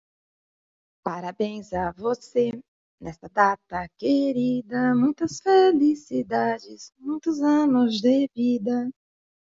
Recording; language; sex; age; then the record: short text; Brazilian Portuguese; female; 50 to 59 years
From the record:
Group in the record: control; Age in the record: 54 years